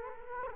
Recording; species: mosquito wingbeat signal from an infrared sensor; Culex quinquefasciatus